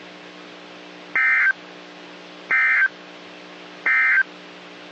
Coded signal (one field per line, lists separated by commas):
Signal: Emergency Alert System (SAME) tones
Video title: EAS 1265-1269 (2/16 & 2/17/22)